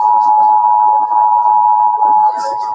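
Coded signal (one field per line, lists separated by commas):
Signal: Emergency Alert System (SAME) tones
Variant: 853 and 960 Hz attention tone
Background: speech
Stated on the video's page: Simulated civil defense alert for heavy rain in Belo Horizonte on a fictional TV station.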